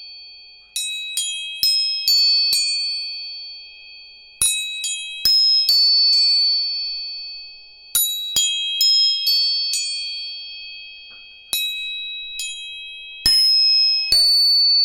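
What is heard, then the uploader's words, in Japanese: Tuning forks are struck again and again, each tap a sharp metallic ping that settles into a bright, steady ring and fades slowly. Strikes come in loose clusters of two to five every few seconds, their high tones overlapping and sustaining between hits. 音叉チューニング。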